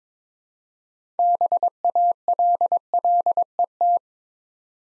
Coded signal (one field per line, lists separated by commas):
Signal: Morse code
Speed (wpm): 22 wpm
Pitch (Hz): 700 Hz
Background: none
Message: BALLET